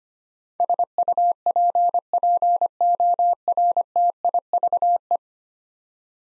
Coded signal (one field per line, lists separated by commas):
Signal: Morse code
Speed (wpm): 25 wpm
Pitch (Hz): 700 Hz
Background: none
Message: SUPPORTIVE